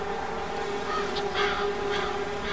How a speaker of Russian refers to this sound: Обезглавленные колокольни, это кладбище, которое сделали волейбольной площадкой, этот братский корпус, в котором поселились ткачихи, и музыка этого места, то бишь голоса галок, голоса грачей, слетающих с колоколен. Это кар-кар.